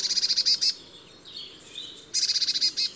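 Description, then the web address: Eurasian blue tit song: two bursts of rapid, ringing high notes separated by a quieter stretch with soft thin calls. January recording. "Janvier La Mesange bleue. les-4-saisons-des-chants-doiseaux"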